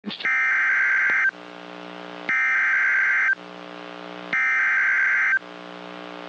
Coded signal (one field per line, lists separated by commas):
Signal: Emergency Alert System (SAME) tones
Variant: header bursts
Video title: EAS 2204-2214 (3/16/23)